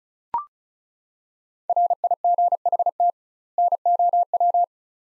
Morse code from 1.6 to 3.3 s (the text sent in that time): RIGHT